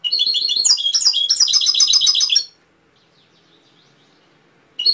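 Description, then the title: Canary singing rapid, dense trilled phrases for about two seconds, then near silence until a new phrase starts at the end. Canary training (masteran) song with full fill-in (isian) phrases. "mster Mnuk. Masteran Kenari Full Isian"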